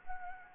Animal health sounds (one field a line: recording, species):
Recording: mosquito wingbeat signal from an infrared sensor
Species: Anopheles arabiensis